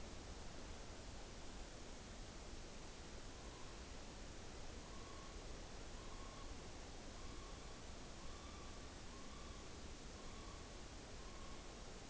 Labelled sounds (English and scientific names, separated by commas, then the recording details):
Morepork (Ninox novaeseelandiae) trill
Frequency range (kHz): Morepork (Ninox novaeseelandiae) 0.8-4.5 kHz
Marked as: faintness 4/5
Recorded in New Zealand on 29 April 2014
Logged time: 02:19
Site Ponui